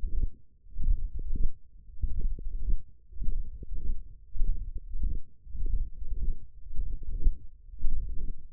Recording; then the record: forearm muscle sounds (acoustic myography)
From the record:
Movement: wrist extension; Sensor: system 1, eight BSWA MPA416 microphones around the upper forearm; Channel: 7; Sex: male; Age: 23 years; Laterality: right